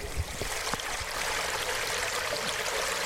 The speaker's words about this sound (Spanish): Tendría que haber esto, sonidos de todo ese follón. La gente echando agua con los cubos.